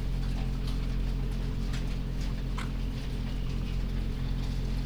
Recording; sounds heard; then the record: poultry house recording; sick chickens (respiratory disease)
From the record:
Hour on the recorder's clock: 21